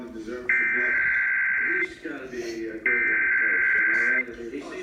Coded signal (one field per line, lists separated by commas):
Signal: Emergency Alert System (SAME) tones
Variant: header bursts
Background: speech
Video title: Required Monthly Test EAS #34